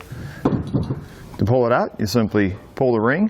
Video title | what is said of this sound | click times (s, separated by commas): etrailer - Setting up the Roadmaster Crossbar-Style Base Plate Kit on your 2018 Ford Edge | you'll slide it in so it depresses the pin turn it until the pin snaps into place | 0.5 s